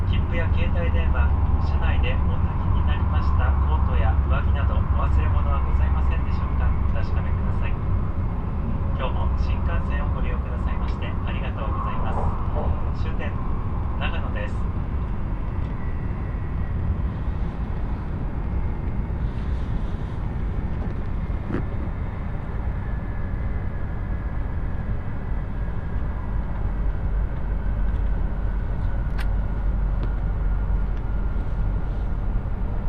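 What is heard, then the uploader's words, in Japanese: A ride on the Shinano Railway and Hokuriku Shinkansen, with a steady, heavy low rumble running throughout at an even level. Voices murmur in the first fifteen seconds, then fade, leaving the rolling drone with a few faint clicks and a sharp tick near the end. しなの鉄道・北陸新幹線 小諸→上田→長野。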